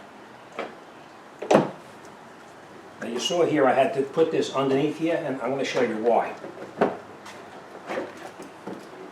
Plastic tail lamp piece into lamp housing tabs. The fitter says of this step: and you just push it in and it'll snap in place now